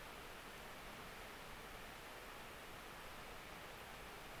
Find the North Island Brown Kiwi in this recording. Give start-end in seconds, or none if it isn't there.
none